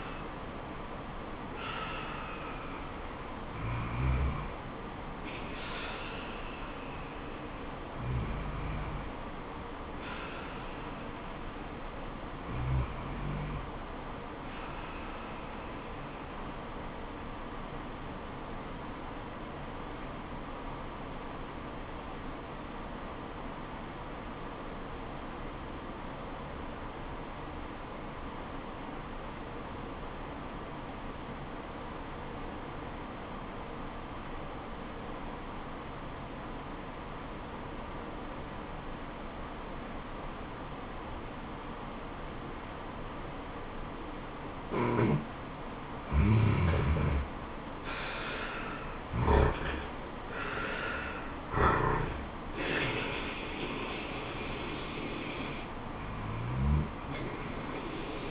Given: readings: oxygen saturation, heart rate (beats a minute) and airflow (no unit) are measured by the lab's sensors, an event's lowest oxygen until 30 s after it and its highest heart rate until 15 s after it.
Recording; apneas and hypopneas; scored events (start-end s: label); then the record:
breathing in sleep by a voice recorder at the bedside; 1
18.00-47.20 s: obstructive apnea (REM, oxygen 98% highest, then 85% lowest, heart rate 83 at the start, 86 highest)
From the record:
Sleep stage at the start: REM sleep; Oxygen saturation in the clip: 89 to 98%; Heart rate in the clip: 73 to 93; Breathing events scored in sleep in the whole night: 426 in 7.4 hours asleep